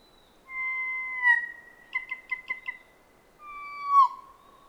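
Kōkako song: two long, steady, flute-like notes framing a burst of five rapid short pips, clean and unaccompanied.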